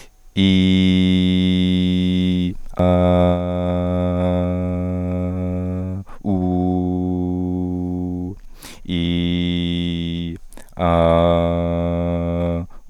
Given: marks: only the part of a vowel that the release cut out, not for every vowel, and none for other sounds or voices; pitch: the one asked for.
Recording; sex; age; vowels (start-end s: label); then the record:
sustained vowels; male; 30 to 39 years
0.44-2.42 s: vowel /i/, high pitch
3.45-5.46 s: vowel /a/, high pitch
6.42-8.25 s: vowel /u/, high pitch
8.93-10.30 s: vowel /i/, low pitch
10.86-12.56 s: vowel /a/, low pitch
From the record:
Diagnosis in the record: cluttering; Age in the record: 30 years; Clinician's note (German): Larynx strobosk. o.B.